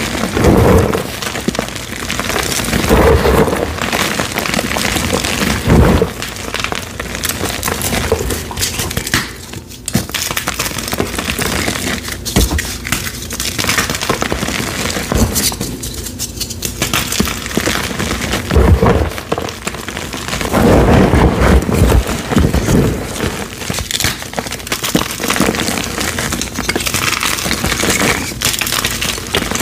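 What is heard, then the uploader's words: Dyed chalk blocks are crushed into powder in a dense, continuous run of crunching and crackling, with louder bursts near 5, 20 and 21 seconds. ASMR crushing 24+ blocks of colorful crispy dyed chalk into fine powder.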